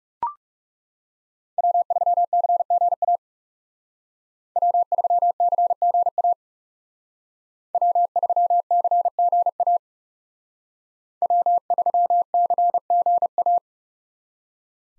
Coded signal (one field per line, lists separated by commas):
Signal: Morse code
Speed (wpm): 38 wpm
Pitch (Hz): 700 Hz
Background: none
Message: W3CGA W3CGA W3CGA W3CGA